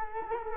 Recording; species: mosquito wingbeat signal from an infrared sensor; Culex quinquefasciatus